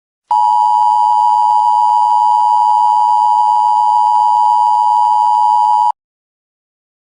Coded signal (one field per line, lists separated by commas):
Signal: Emergency Alert System (SAME) tones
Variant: 853 and 960 Hz attention tone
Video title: EUCLIDEAN TOWERS EAS | Baby in yellow